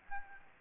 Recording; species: mosquito wingbeat signal from an infrared sensor; Aedes albopictus